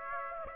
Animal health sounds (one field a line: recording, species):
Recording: mosquito wingbeat signal from an infrared sensor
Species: Aedes aegypti